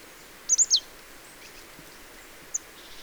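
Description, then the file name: Marsh tit call: a rapid run of three sharp, high notes, then a single faint tick, over low background hiss. "Poecile palustris"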